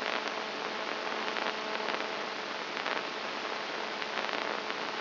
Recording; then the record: brain microelectrode recording played as sound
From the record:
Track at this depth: outside the subthalamic nucleus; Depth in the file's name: 2.536 mm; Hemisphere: left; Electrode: 2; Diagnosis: Parkinson's disease